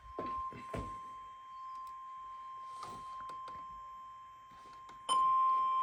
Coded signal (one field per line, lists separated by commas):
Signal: Emergency Alert System (SAME) tones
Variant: 1050 Hz attention tone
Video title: EAS - Required Weekly Test and Severe Thunderstorm Warnings - 05/01/2024 to 05/05/2024